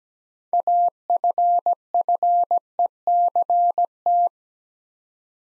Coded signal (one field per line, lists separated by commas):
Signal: Morse code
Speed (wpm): 17 wpm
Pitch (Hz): 700 Hz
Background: none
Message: AFFECT